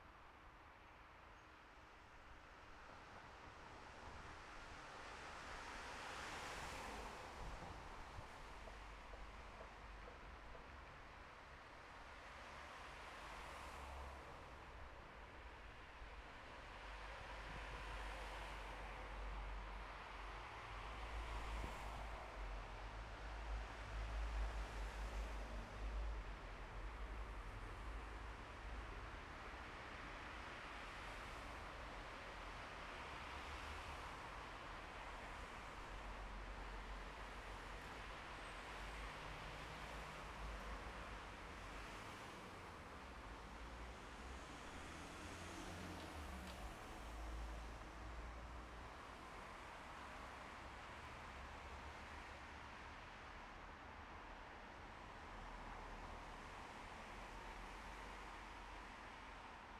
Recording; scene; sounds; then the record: everyday scene through a hearing-aid microphone; in traffic; traffic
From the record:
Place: bus stop on a city main road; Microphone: behind the ear, left, front